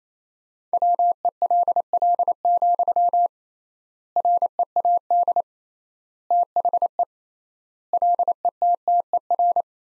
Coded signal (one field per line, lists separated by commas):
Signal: Morse code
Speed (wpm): 28 wpm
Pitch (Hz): 700 Hz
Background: none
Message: WELL, READ THE LETTER